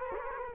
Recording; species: mosquito wingbeat signal from an infrared sensor; Culex quinquefasciatus